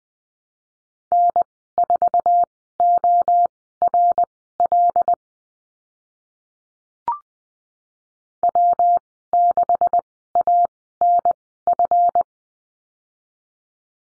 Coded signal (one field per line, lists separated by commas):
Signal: Morse code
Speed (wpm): 20 wpm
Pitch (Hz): 700 Hz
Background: none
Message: N4ORL W6ANF